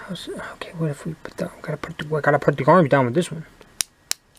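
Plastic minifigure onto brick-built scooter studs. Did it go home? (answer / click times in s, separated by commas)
yes / 3.8 s, 4.1 s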